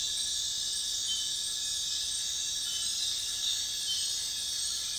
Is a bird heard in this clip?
no